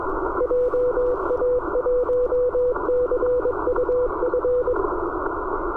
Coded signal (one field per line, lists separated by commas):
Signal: Morse code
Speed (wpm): 17 wpm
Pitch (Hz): 500 Hz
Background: radio noise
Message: JA1CUF